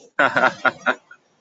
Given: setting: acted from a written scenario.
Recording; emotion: vocal sound without words; amusement